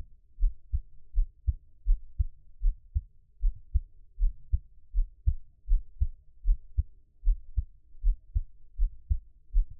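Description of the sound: Steady, low, paired thumps of an adult's own heartbeat at about 79 beats a minute, with soft rumble between beats and no talking.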